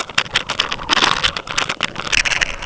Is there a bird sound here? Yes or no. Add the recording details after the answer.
no. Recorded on Arctic tundra, site UTQI-5, on 12 June 2019. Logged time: 00:00